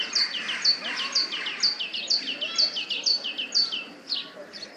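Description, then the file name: Great tit song: a bright two-note phrase, high then lower, repeated rapidly about twice a second in a steady run, with faint background hiss. "Parus major"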